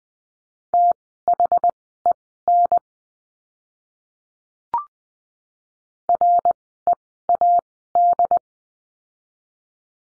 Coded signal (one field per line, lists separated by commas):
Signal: Morse code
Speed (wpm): 20 wpm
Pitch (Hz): 700 Hz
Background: none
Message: THEN READ